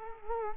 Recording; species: mosquito wingbeat signal from an infrared sensor; Culex quinquefasciatus